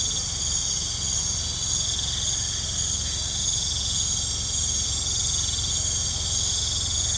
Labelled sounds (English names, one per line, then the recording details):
none
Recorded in pastures near Puerto Asís, Putumayo, Colombia, on 20 December 2024 at 20:00
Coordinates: 0.466, -76.322
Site G040